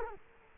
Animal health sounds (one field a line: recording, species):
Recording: mosquito wingbeat signal from an infrared sensor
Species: Culex quinquefasciatus